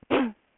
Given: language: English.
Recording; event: throat vibration sensor signal played as sound; cough